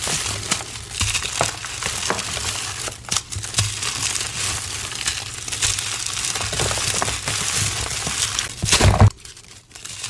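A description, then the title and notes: Confetti and glitter-loaded gym chalk being crushed, a dense, continuous crinkling and crunching with bright, crisp texture throughout. Sharper cracks punctuate the steady rustle, with a brief pause near three seconds and a louder crunch just before nine seconds, after which it drops away. Confetti Overload Gym Chalk Crush. Crunchy, crispy, confetti glitter overload crushing.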